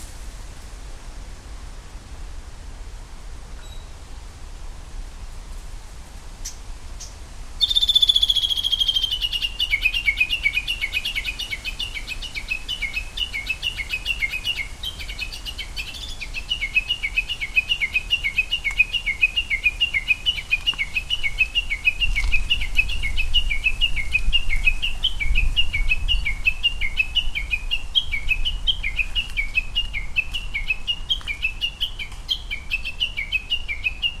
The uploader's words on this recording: With a Sony PCM-M10 recorder and Micbooster Clippy EM172 stereo mics attached to a bicycle handlebar bag. Japanese bush warbler.